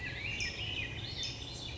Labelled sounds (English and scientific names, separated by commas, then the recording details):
California Towhee (Melozone crissalis)
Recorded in Sonoma County, California